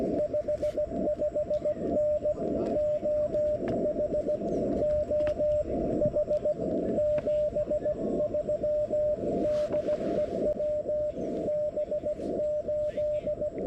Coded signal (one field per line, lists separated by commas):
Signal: Morse code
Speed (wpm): 17 wpm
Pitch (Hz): 600 Hz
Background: radio noise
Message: 55N OH OH 73 DE WB8